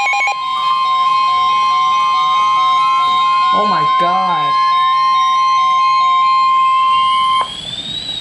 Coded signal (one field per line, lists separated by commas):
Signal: Emergency Alert System (SAME) tones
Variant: 1050 Hz attention tone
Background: speech, music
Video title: Flash Flood Warning with a Thunderstorm (EAS #1,184)